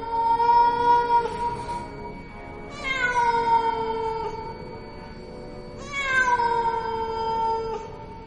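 A cat meows at night in long, drawn-out, mournful wails, three sustained cries that rise and slowly fall in pitch, loud and alone with no talking.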